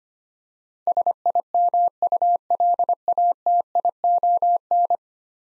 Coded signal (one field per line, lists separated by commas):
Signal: Morse code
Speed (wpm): 25 wpm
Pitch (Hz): 700 Hz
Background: none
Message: SIMULATION